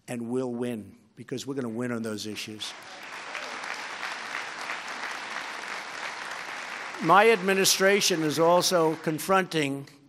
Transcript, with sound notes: And we’ll win, because we’re going to win on those issues. (Applause.) My administration is also confronting